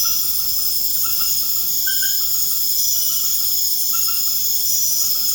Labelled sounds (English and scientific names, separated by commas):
none